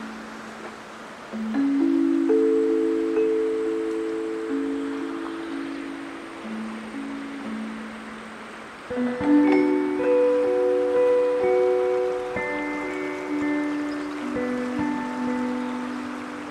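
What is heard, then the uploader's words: Wind chimes ring at Patagonia Lake State Park in SE Arizona, their low, sustained tones overlapping and slowly fading from about two seconds in. Around nine seconds a fresh strike brings a brighter cluster of higher notes over a steady hiss of wind. Patagonia Lake State Park in SE Arizona.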